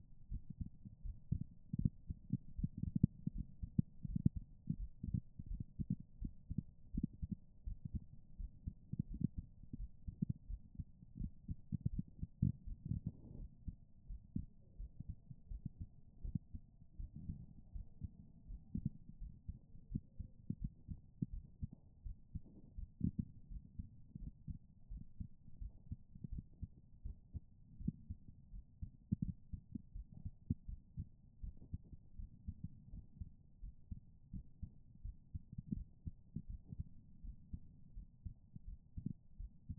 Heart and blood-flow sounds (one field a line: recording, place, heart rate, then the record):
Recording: heart sounds by stethoscope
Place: pulmonary valve (PV)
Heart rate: 83 bpm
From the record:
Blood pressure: 106/80 mmHg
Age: 35 years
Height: 155 cm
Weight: 43 kg